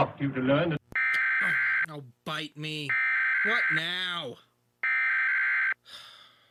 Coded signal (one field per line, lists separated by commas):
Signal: Emergency Alert System (SAME) tones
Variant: header bursts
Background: speech